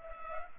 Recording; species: mosquito wingbeat signal from an infrared sensor; Culex pipiens